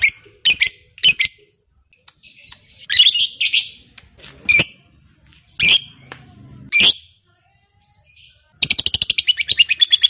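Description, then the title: Lovebird with scattered sharp, shrill chirps, then a fast, rattling chatter bursting in near the end. Fighter lovebird. "Suara Lovebird FIGHTER NGEKEK PANJANG"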